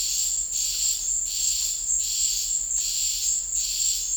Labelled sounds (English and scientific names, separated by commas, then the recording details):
none
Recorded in dense forest near Puerto Asís, Putumayo, Colombia, on 26 December 2024 at 14:30
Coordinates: 0.484, -76.325
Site G056